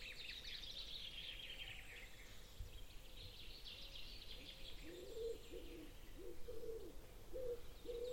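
Bird chirps: high twittering in the first seconds, later a series of short lower notes, all over a constant low rumble.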